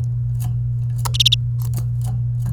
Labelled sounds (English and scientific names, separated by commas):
Domestic Canary (Serinus canaria) song